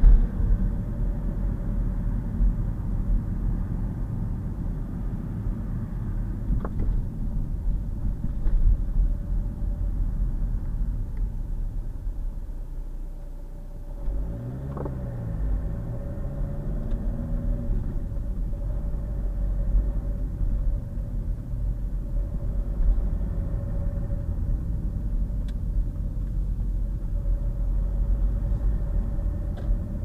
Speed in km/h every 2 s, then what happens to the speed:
40, 39, 35, 24, 23, 6, 2, 16, 19, 21, 19, 24, 21, 16, 23.
3-11 brakes to 2. 12-22 pulls away to 24. 22-26 slows to 16. 26-30 speeds up to 23.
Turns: 12-20, 23-26.